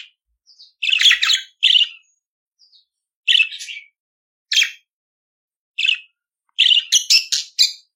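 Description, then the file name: Budgerigar chatter with grating chirps spaced by pauses of about a second, soft thin squeaks between, closing in a faster run of buzzy notes. "Canto do periquito australiano"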